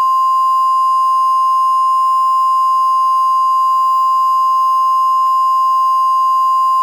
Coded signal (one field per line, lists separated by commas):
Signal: Emergency Alert System (SAME) tones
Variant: 1050 Hz attention tone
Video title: EAS Scenario Short: The Outro